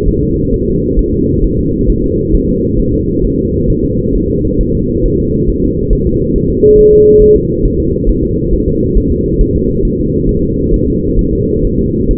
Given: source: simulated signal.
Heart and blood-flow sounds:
fetal heart sounds
0.08 s: S1
0.23 s: S2
0.54 s: S1
0.68 s: S2
0.99 s: S1
1.14 s: S2
1.44 s: S1
1.59 s: S2
1.90 s: S1
2.04 s: S2
2.34 s: S1
2.49 s: S2
2.79 s: S1
2.94 s: S2
3.25 s: S1
3.39 s: S2
3.70 s: S1
3.84 s: S2
4.16 s: S1
4.30 s: S2
4.61 s: S1
4.75 s: S2
5.05 s: S1
5.20 s: S2
5.50 s: S1
5.64 s: S2
5.93 s: S1
6.07 s: S2
6.36 s: S1
6.50 s: S2
6.79 s: S1
6.93 s: S2
7.22 s: S1
7.36 s: S2
7.65 s: S1
7.80 s: S2
8.09 s: S1
8.24 s: S2
8.53 s: S1
8.68 s: S2
8.97 s: S1
9.12 s: S2
9.41 s: S1
9.56 s: S2
9.85 s: S1
10.00 s: S2
10.29 s: S1
10.44 s: S2
10.74 s: S1
10.88 s: S2
11.19 s: S1
11.33 s: S2
11.65 s: S1
11.79 s: S2
12.11 s: S1
From the record:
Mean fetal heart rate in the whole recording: 135 bpm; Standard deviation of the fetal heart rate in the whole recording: 3 bpm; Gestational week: 36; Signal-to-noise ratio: -14.7 dB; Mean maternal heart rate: 72 bpm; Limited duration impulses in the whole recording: present

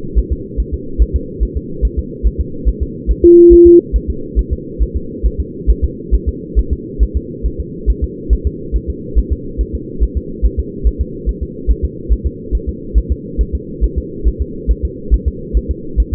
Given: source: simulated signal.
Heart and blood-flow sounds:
fetal heart sounds
0.18 s: S1
0.33 s: S2
0.60 s: S1
0.74 s: S2
1.02 s: S1
1.16 s: S2
1.43 s: S1
1.57 s: S2
1.85 s: S1
1.99 s: S2
2.27 s: S1
2.41 s: S2
2.69 s: S1
2.83 s: S2
3.11 s: S1
3.25 s: S2
3.53 s: S1
3.67 s: S2
3.96 s: S1
4.10 s: S2
4.39 s: S1
4.53 s: S2
4.83 s: S1
4.97 s: S2
5.26 s: S1
5.40 s: S2
5.70 s: S1
5.84 s: S2
6.15 s: S1
6.29 s: S2
6.59 s: S1
6.73 s: S2
7.03 s: S1
7.17 s: S2
7.46 s: S1
7.60 s: S2
7.90 s: S1
8.04 s: S2
8.33 s: S1
8.47 s: S2
8.76 s: S1
8.90 s: S2
9.18 s: S1
9.32 s: S2
9.61 s: S1
9.75 s: S2
10.03 s: S1
10.17 s: S2
10.46 s: S1
10.60 s: S2
10.87 s: S1
11.01 s: S2
11.29 s: S1
11.43 s: S2
11.71 s: S1
11.85 s: S2
12.12 s: S1
12.27 s: S2
12.55 s: S1
12.69 s: S2
12.98 s: S1
13.12 s: S2
13.41 s: S1
13.55 s: S2
13.84 s: S1
13.98 s: S2
14.28 s: S1
14.42 s: S2
14.71 s: S1
14.85 s: S2
15.14 s: S1
15.28 s: S2
15.57 s: S1
15.71 s: S2
16.00 s: S1
16.14 s: S2
From the record:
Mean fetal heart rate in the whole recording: 140 bpm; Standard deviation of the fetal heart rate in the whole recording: 2 bpm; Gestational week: 34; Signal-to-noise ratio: -4.3 dB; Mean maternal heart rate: 72 bpm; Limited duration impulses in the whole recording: present

